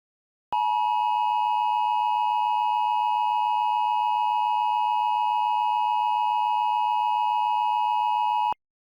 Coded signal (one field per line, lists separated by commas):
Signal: Emergency Alert System (SAME) tones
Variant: 853 and 960 Hz attention tone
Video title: EAS - The Santa Monica Earthquake